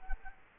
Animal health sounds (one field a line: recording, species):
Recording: mosquito wingbeat signal from an infrared sensor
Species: Culex quinquefasciatus